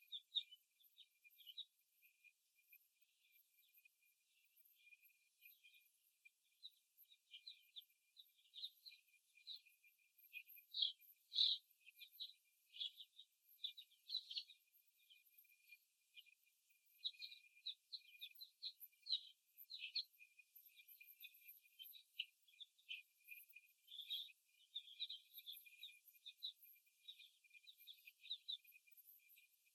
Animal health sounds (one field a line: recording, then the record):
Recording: young laying hens in a cage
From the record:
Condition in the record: after the stressor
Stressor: simulated dog barking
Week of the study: 1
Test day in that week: 2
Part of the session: 3